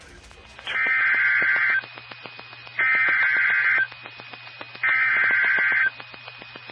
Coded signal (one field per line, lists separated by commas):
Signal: Emergency Alert System (SAME) tones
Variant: header bursts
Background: speech